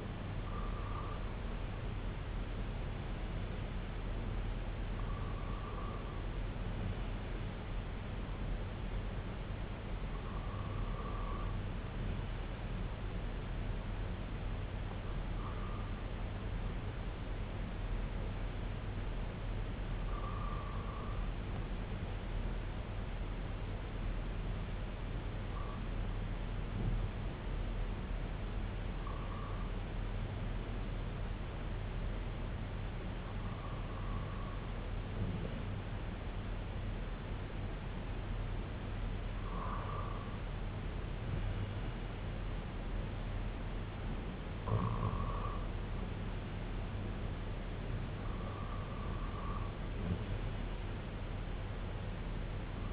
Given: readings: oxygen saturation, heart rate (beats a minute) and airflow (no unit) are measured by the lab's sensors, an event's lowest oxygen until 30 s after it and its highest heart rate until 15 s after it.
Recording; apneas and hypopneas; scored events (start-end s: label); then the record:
breathing in sleep by a voice recorder at the bedside; 1
23.00-42.50 s: hypopnea (REM, oxygen 98% highest, then 95% lowest, heart rate 65 at the start, 67 highest)
From the record:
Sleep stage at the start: REM sleep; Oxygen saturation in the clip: 95 to 98%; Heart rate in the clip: 57 to 77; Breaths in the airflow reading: 10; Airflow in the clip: -6.0 to 3.8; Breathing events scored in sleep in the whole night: 258 in 7.4 hours asleep